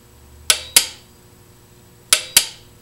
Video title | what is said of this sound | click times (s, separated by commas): NC700X Oil Change | right there you go you heard the click that's 22 foot-pounds | 0.5 s, 2.1 s